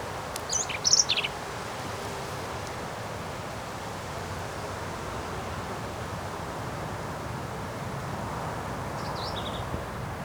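Black-capped vireo song: a quick, sharp, high phrase near the start and another softer one near the end, with hissing background noise between.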